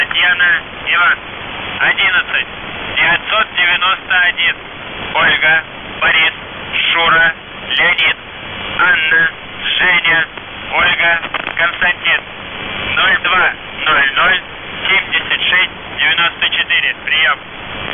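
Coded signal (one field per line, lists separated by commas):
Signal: coded military voice message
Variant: UVB-76, Russian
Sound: russian voice spelling a codeword with phonetic names, then reading numbers, ending "priyom"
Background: radio static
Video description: "The Buzzer" is a Russian military radiostation that broadcasts on 4625 kHz.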